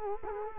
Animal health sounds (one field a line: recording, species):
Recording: mosquito wingbeat signal from an infrared sensor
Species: Culex quinquefasciatus